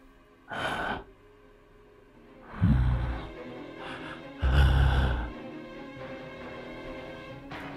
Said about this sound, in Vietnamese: Chưa thoát được cơn kinh hãi ở đằng sau, thì bây giờ ở phía trước trong cái hốc cây đen sì kia lại có tiếng thở phì phì, làm cho cả cô Thao và chị Xính rợn người.